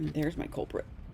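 A wooden stair piece is handled against its kit base after a misaligned tab is found, while someone talks over it. The piece has not snapped into place yet, and nothing has seated or clicked in the clip.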